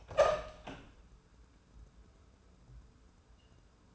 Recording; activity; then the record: daily activity, microphone in the room; open door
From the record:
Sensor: 2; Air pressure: 1015.1 hPa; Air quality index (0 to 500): 172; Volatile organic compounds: 10 ppm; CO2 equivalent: 2246 ppm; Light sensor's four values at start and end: 9/27/10/11 and 9/27/10/11